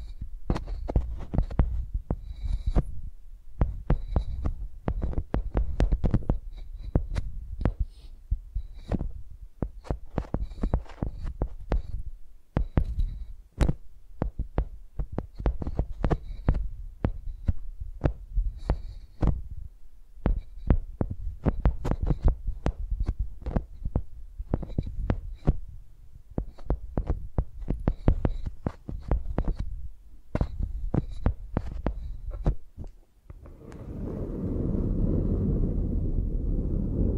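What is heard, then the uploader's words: Microphones are used like pencils, giving a rapid, uneven stream of sharp taps and dull thumps with a deep, muffled body. After a brief pause near the 33-second mark, the tapping gives way to a steady, low rubbing rumble that continues to the end. ASMR Using Mics as Pencils (No Talking).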